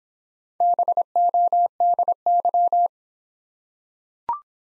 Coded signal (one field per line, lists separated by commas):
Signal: Morse code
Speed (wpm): 26 wpm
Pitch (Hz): 700 Hz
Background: none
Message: BODY